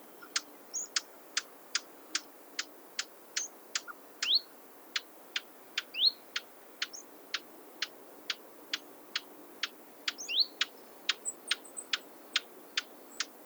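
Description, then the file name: Eurasian blackcap calls: sharp clicking tacks repeated at a steady pace of about two per second, with occasional brief high squeaky notes in between. "Sylvia atricapilla"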